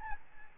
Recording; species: mosquito wingbeat signal from an infrared sensor; Aedes albopictus